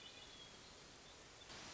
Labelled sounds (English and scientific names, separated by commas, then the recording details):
Hermit Thrush (Catharus guttatus)
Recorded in Sonoma County, California